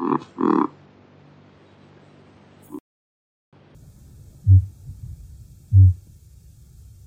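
Kakapo calls: two harsh, nasal squawks, a quiet gap, then two deep, resonant booms about 1.3 seconds apart over a low steady hum.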